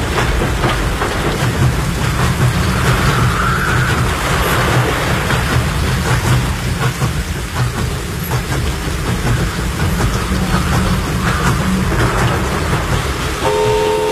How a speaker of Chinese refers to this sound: 火车终于顺利通过了，路基和铁轨都完好无损